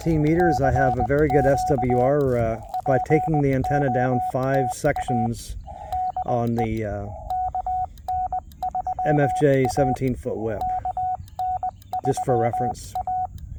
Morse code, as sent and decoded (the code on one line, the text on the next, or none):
-.-. --.- / .--. --- - .- / -.. . / -.- -. ...-- .- / -.- -. ...-- .-
CQ POTA DE KN3A KN3A